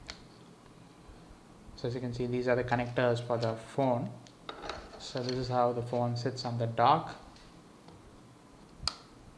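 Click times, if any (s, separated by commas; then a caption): 8.9 s. Someone talks while a Sony Xperia Z2 smartphone is set onto its magnetic charging dock, and a sharp click at 8.9 s is heard as the magnet pulls it into position on the pins. The phone is seated on the dock.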